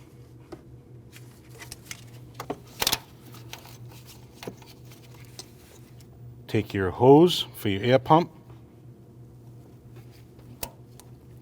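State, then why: Seated. During a thermostat housing replacement on a 2014-2023 Jeep Cherokee 2.4L L4, the plastic hose for the secondary air pump is pushed onto its port until its quick connector snaps in. Light handling noises are heard, someone talks briefly, and then a single sharp click comes at 10.6 s, showing the connector has seated.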